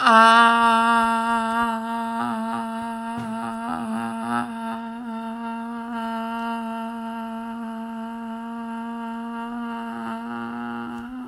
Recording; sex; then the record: sustained vowel /a/; female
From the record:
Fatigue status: fatigue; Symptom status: symptomatic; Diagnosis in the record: COVID-19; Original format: m4a